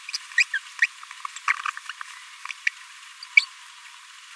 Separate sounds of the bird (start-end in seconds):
0.38-0.43, 0.53-0.58, 1.68-1.70, 2.67-2.68, 3.37-3.45